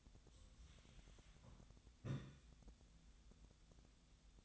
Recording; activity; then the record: daily activity, microphone in the room; take from stove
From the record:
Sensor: 3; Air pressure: 1009.9 hPa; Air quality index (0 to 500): 187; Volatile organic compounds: 14 ppm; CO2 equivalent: 2433 ppm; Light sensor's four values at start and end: 42/105/45/48 and 42/105/45/48